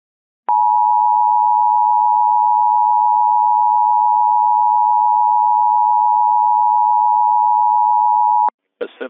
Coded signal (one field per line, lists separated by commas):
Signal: Emergency Alert System (SAME) tones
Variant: 853 and 960 Hz attention tone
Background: speech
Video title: EAS Recreation 3: Child Abduction Emergency - Washington (WA)